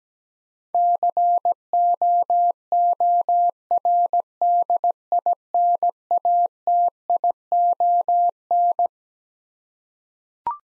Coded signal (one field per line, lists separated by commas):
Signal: Morse code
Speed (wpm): 17 wpm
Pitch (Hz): 700 Hz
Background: none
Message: COORDINATION